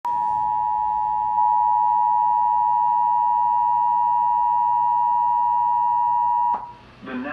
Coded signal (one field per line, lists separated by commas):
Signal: Emergency Alert System (SAME) tones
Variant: 853 and 960 Hz attention tone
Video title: EAS Interrupts Promos On CineMax